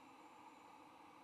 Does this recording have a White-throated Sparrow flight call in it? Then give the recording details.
no. No flight call is heard. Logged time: 02:58 on 16 November 2014